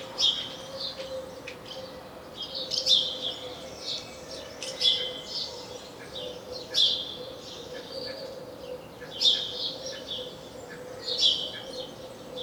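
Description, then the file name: House sparrow chirping: bright, clipped chirps in loose bursts about every two seconds, some overlapping, over a steady low hum and background noise. "Passer domesticus"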